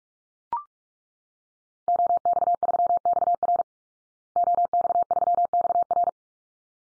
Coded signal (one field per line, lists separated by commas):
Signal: Morse code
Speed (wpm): 44 wpm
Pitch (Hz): 700 Hz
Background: none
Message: OX3XR OX3XR